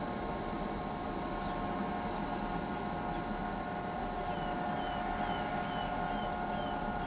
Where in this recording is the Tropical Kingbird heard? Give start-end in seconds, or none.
0.00-3.58